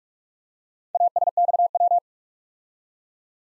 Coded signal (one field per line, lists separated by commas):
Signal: Morse code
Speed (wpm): 42 wpm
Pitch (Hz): 700 Hz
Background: none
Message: ASXW